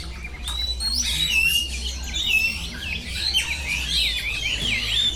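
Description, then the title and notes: Birds singing in a busy chorus of high chirps, whistles and twittering trills over a steady low hum. Birds singing at the Bird Garden, Mongkok, Hong Kong, 15 February 2008; recorded with AKG condenser microphones in XY stereo. "香港 旺角 雀鳥花園 雀鳥唱歌 (內附有人類語言中的粗囗) Bird Singing in the Bird Garden, Mongkok, Hong Kong Date: 15 February 2008"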